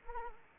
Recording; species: mosquito wingbeat signal from an infrared sensor; Anopheles arabiensis